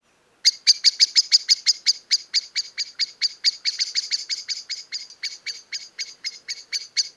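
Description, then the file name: Common blackbird giving a rapid series of sharp, metallic chink notes, kept up steadily throughout. "Turdus merula"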